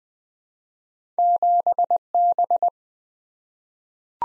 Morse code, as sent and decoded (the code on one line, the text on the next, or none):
--... -...
7B